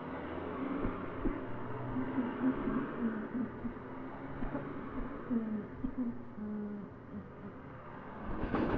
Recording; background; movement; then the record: throat clearing; traffic; sitting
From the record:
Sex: female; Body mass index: 36.4 kg/m2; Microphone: on the chest, facing the body